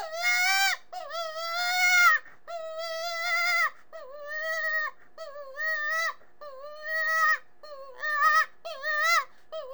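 Rabbit screams, long wavering shrieks repeated many times with brief pauses between cries.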